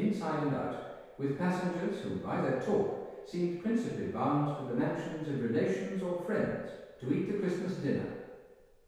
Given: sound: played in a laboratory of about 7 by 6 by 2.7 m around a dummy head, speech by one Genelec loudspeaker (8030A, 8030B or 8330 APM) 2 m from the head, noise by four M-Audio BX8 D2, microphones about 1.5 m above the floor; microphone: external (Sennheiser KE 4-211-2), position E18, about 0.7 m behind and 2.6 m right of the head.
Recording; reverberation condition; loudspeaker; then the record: male speech in English; high; behind (180 degrees)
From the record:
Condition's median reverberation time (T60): about 1300 ms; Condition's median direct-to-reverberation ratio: about -4.0 dB